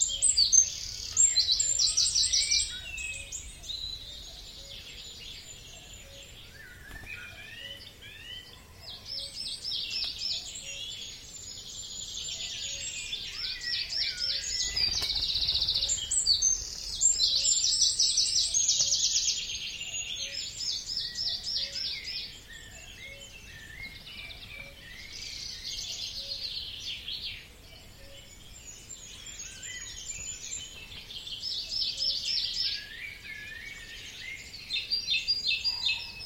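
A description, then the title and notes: A dawn chorus of many birds singing at once, with bright, rapid trills and chirps overlapping almost without pause for the whole stretch. Some songs come in repeated bursts of quick notes, while a soft low rumble runs steadily underneath. Recorded at The Hut Near The Bog on International Dawn Chorus Day.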